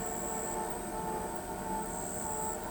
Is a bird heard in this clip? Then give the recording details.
no. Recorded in pastures near Pivijay, Magdalena, Colombia, on 14 April 2023 at 21:00. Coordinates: 10.456, -74.369. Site P6-G026